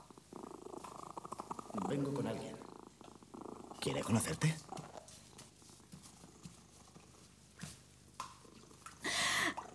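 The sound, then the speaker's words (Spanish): A male cat purrs in a low, steady rumble while people talk over it, with a few louder bursts of sound breaking in along the way. “Es macho y no tiene nombre.”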